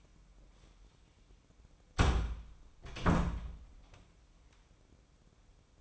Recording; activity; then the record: daily activity, microphone in the room; close door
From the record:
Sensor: 1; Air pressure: 1012.3 hPa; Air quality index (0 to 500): 167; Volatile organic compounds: 3 ppm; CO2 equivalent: 1374 ppm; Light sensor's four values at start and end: 569/1340/590/710 and 580/1367/601/724